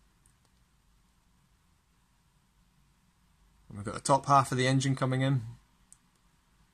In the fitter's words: just snaps into place and